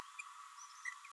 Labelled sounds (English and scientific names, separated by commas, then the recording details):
Green-rumped Parrotlet (Forpus passerinus) babbling
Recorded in a nest box in Venezuela
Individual 18B104A3